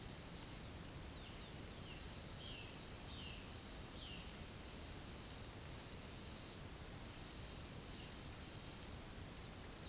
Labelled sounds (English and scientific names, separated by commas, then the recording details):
Violaceous Jay (Cyanocorax violaceus)
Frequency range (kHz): Violaceous Jay (Cyanocorax violaceus) 1.8-4.6 kHz
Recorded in pastures near Puerto Asís, Putumayo, Colombia, on 9 March 2025 at 14:30
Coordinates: 0.486, -76.323
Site G075